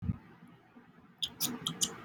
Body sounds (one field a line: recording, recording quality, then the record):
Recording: sustained vowel as in beet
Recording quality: poor, much background noise or distortion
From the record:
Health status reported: COVID-19 positive, mild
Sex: male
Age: 26 years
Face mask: not worn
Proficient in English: yes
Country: India